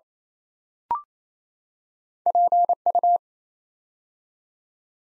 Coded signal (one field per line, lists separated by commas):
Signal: Morse code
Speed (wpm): 27 wpm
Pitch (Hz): 700 Hz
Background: none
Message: PU